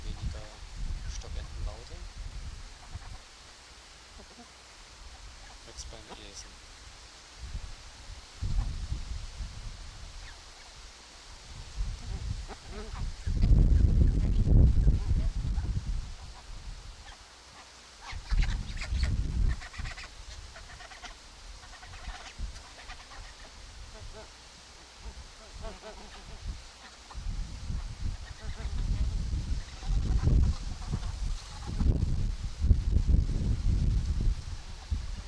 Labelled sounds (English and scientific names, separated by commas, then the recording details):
Bar-headed Goose (Anser indicus) call
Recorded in captivity
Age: adult
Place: Wildlife Park Shubenacadie, Nova Scotia, CA
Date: 1991-10-10 12:19
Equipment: Sony WM-D6C, Sony ECM-939 LT (Stereo), Kopie Uher 4400 IC
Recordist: Frommolt, Karl-Heinz